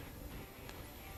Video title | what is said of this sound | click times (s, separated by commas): In the Garage™ with Performance Corner®: Vision X Duralux 4 LED Fog Light Replacement Kit | First one's clicked. | 0.7 s